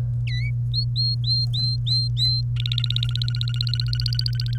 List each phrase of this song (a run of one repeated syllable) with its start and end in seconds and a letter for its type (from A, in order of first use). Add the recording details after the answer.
0.27-0.50 A, 0.74-2.41 B, 2.56-4.58 C. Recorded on 1 May 2018 at 13:38. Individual llb3